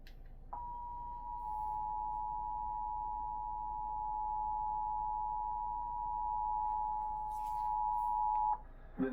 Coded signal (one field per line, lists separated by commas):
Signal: Emergency Alert System (SAME) tones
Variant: 853 and 960 Hz attention tone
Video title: Eas sva on KUHT 8.1 Eas#972